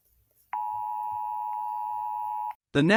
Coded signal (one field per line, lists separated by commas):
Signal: Emergency Alert System (SAME) tones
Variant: 853 and 960 Hz attention tone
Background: speech